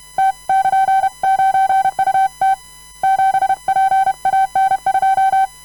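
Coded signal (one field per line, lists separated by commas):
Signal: Morse code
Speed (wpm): 32 wpm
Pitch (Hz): 770 Hz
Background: none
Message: T<KN>9UT 7PAN2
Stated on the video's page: Random Morse of all characters, numbers and punctuation sent by hand using both right and left hand at a comfortable speed.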